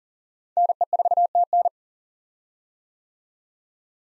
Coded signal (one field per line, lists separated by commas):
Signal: Morse code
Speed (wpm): 40 wpm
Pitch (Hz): 700 Hz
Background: none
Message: NE4TN